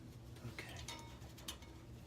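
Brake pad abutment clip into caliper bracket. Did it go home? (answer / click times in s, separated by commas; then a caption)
no / none. A bent metal brake pad abutment clip for a Ford F150, reshaped by hand, is handled and pushed back toward the caliper bracket. Light metallic taps and scrapes come through at about 0.6, 0.9 and 1.5 s over a low background hum. Nothing has seated or clicked into place yet.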